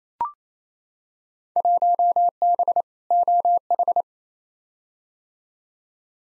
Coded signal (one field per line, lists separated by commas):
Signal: Morse code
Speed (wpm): 28 wpm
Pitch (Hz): 700 Hz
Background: none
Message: 1B OH